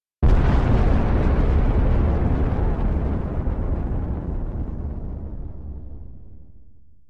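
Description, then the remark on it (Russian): A planet explodes after burning cracks split its crust: a single massive explosion bursts in abruptly, then rolls into a deep, crackling rumble that slowly fades over several seconds. No voices are heard. “А после — взрыв.”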